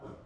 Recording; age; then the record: pig call; growing-finishing pig (85 days or more)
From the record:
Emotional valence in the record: positive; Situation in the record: run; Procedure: transit